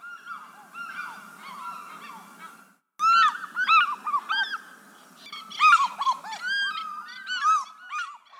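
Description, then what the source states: African fish eagle calling: loud ringing yelps in repeated arched notes, with several bursts after a brief silence. Played at a guest's request.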